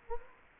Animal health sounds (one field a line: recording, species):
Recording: mosquito wingbeat signal from an infrared sensor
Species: Anopheles gambiae